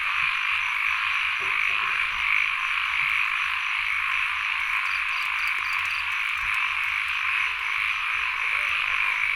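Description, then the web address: Frogs in a dense, unbroken chorus, with a steady high whine above and brief bursts of pulsed chirping midway. Frogs recorded together with insects in Sen Monorom, Cambodia. "Les Cartes Postales Sonores NOISE ON EARTH Vol 1 CAMBODIA - Insects Frogs of Sen Monorom"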